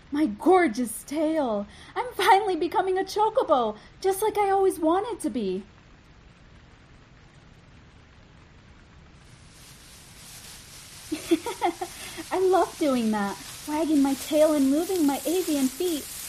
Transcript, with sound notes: My gorgeous tail. I’m finally becoming a chocobo. Just like I always wanted to be. (Giggles) I love doing that! Wagging my tail and moving my avian feet.